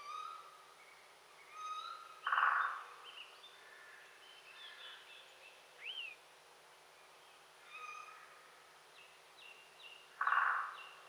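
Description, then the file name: Eurasian jay giving two harsh, rasping screeches about eight seconds apart, among thin whistles and chirps from other birds. "Garrulus glandarius"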